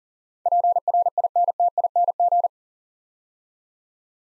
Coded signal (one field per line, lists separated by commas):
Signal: Morse code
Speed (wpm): 40 wpm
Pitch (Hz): 700 Hz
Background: none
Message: PRINTING